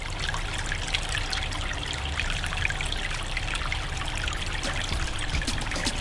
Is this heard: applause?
no